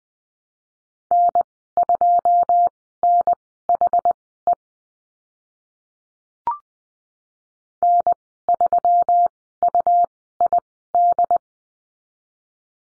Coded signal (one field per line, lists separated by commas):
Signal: Morse code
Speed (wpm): 20 wpm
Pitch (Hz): 700 Hz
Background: none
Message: N2NHE N3UID